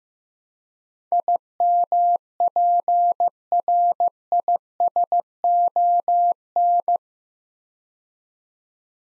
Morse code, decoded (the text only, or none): IMPRISON